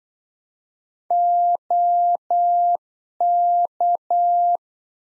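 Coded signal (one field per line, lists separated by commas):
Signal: Morse code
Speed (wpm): 8 wpm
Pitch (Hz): 700 Hz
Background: none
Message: OK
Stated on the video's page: Practice QSO lesson at 8 wpm, one side of a complete exchange; each segment sent in Morse, spoken, then sent again.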